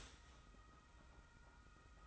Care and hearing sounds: daily activity, microphone in the room; start toaster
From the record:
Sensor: 3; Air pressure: 991.6 hPa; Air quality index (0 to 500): 182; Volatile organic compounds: 1000 ppm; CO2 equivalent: 6074 ppm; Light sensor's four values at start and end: 40/115/47/41 and 40/115/46/41

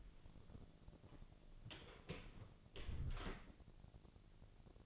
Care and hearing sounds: daily activity, microphone in the room; close door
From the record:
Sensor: 4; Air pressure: 1001.3 hPa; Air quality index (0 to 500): 186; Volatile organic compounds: 3 ppm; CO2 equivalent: 1327 ppm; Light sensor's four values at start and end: 15/35/14/15 and 16/37/15/16

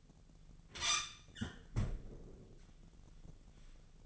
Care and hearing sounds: daily activity, microphone in the room; close fridge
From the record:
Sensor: 4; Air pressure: 1000.9 hPa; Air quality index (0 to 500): 130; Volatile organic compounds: 1 ppm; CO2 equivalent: 968 ppm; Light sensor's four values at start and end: 28/66/28/30 and 29/69/29/32

